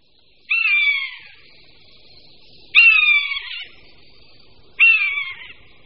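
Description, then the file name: Common buzzard giving drawn-out, mewing calls that slide downward, three calls spaced roughly two seconds apart. "Káně-lesní"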